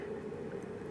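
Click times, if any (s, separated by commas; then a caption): none. An oiled oil scavenge pump is handled at the case of a Kawasaki ZX10R motorcycle engine being built for racing, lubricated so it can slide into the engine. Only a steady low hum and faint soft, squishy handling noise are heard. Nothing has seated or clicked yet.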